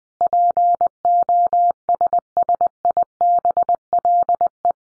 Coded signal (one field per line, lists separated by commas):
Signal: Morse code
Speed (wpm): 20 wpm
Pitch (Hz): 700 Hz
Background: none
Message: POSSIBLE